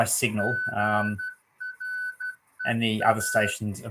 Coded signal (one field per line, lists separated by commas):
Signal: Morse code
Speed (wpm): 12 wpm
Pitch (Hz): 1500 Hz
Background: speech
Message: GREA